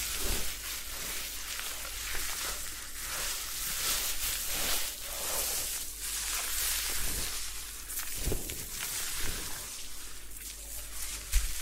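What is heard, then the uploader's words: A head spa hair wash with a steady hiss of running water and soft scrubbing through the whole clip. The washing swells and eases in waves, with brief louder swishes around two, six and eight seconds, and a sharp tap at the very end. Head Spa Hair Wash, Massage, Ear Cleaning.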